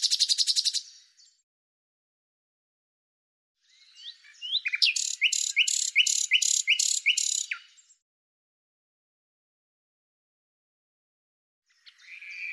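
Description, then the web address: Bird song: a fast high buzzy trill, a pause, then a phrase of sharp repeated notes, and the start of another phrase at the end. "Deverinetal 2025"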